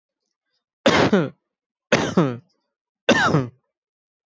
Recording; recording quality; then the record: shallow voluntary cough; excellent, no background noise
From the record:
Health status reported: healthy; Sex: male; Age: 27 years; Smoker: yes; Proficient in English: yes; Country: India